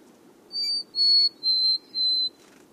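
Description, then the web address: Mountain chickadee song: four clear, pure whistled notes, the first slightly higher, the rest held level and evenly spaced, over faint low background hiss. "Know Your Bird Sounds Common Western Species 01-Mountain Chickadee"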